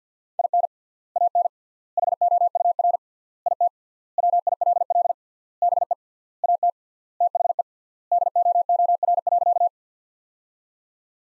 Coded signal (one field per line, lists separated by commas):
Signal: Morse code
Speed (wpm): 50 wpm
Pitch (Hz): 700 Hz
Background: none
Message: IN AN HOUR IT WILL BE AT THE DOOR.